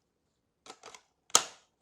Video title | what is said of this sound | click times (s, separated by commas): Dyson Pencilvac Fluffycones™ Review! | until you hear a click sound and the holder for the attachment | 1.4 s